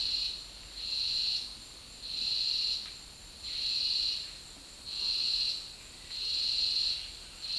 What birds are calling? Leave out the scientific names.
none